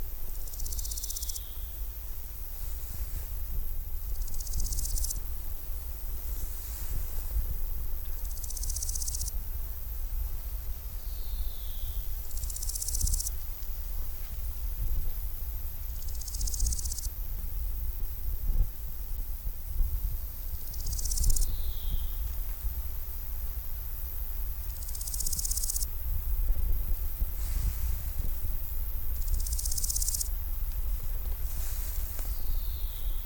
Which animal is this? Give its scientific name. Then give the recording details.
Chrysochraon dispar. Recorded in the wild. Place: Groß Schönebeck, Schorfheide, Brandenburg, DE. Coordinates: 52.91, 13.53. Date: 1996-08-03 11:58. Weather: heiter, 23°C. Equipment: Sony MD-WM MZ-R3, Sennheiser ME 80, Kopie Uher 4000 Report Monitor. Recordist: Tembrock, Günter